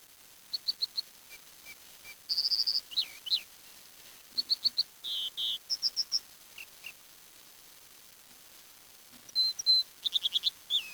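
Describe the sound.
Birds chirping: clusters of quick high tweets and short trilled runs, separated by brief pauses, with a quiet stretch before a final burst.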